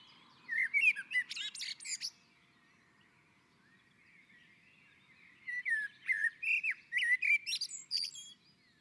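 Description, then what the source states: Common blackbird song, two phrases about five seconds apart. Each has low melodious whistles that turn into a busy high-pitched twitter. On the roof.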